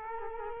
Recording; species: mosquito wingbeat signal from an infrared sensor; Culex quinquefasciatus